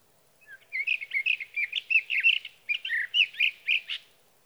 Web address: birdsongforthecurious Sage Thrasher